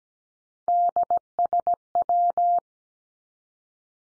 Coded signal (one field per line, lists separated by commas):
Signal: Morse code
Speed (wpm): 17 wpm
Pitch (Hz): 700 Hz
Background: none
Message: DSW